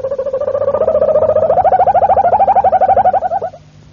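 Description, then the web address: Harz Roller canary giving a continuous deep, rolling song, a smooth low trill breaking into rapid pulsed rolls before fading out. "canarios cantoharz"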